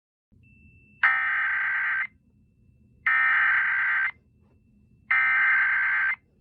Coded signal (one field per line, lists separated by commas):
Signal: Emergency Alert System (SAME) tones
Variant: header bursts